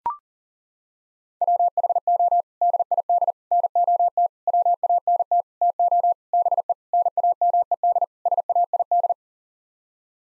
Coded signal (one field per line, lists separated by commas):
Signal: Morse code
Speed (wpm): 37 wpm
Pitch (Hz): 700 Hz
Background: none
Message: WHO DID NOT WANT TO BE NAMED SAID